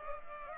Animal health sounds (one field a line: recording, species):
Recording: mosquito wingbeat signal from an infrared sensor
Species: Culex pipiens